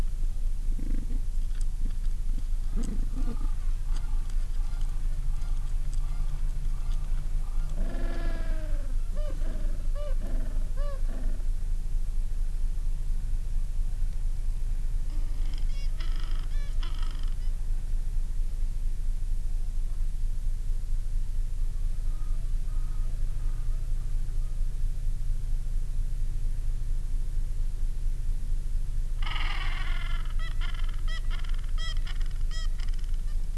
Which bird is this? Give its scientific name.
Pygoscelis papua